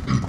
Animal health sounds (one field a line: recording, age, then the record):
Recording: pig call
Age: growing-finishing pig (85 days or more)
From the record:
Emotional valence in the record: positive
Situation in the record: run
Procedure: transit